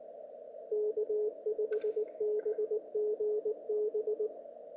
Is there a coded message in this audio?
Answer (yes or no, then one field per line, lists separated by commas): yes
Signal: Morse code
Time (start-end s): 0.7-4.3 s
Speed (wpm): 19 wpm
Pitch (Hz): 430 Hz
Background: radio noise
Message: K5BGB